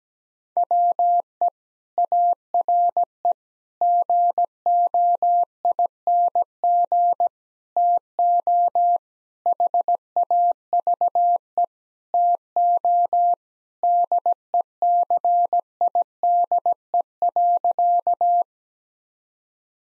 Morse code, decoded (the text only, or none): WE ARE GOING TO HAVE TO DECIDE.